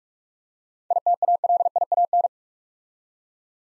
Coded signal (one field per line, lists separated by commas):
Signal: Morse code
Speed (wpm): 44 wpm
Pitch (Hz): 700 Hz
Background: none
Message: ITALIAN